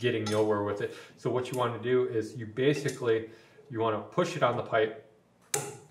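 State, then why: Seated. A Milwaukee close-quarters tubing cutter is pushed onto a copper pipe while someone talks. A sharp snap at 5.5 s marks the cutter seating and locking onto the pipe.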